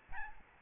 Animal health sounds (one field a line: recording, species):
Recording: mosquito wingbeat signal from an infrared sensor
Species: Aedes albopictus